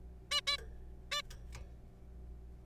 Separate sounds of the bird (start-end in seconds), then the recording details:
0.31-0.41, 0.47-0.57, 1.12-1.21. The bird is a juvenile. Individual R3428